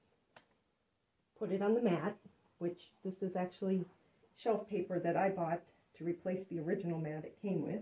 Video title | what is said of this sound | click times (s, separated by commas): Review AGM Folding Pedal Exerciser, Mini Exercise Bike Under Desk Bike Foot Pedal Exerciser, Foot Ha | unfold the legs making sure that it snaps into place | 0.4 s